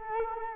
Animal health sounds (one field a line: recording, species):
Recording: mosquito wingbeat signal from an infrared sensor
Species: Culex quinquefasciatus